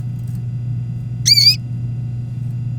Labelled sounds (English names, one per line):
Domestic Canary song